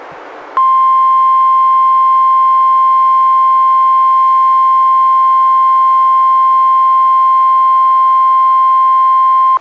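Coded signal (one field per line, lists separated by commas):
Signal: Emergency Alert System (SAME) tones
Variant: 1050 Hz attention tone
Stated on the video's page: NOAA Weather Radio Required Weekly Tests relayed by NWR station in Astoria, recorded from a Reecom R-1630 weather radio through a Zoom H1 recorder.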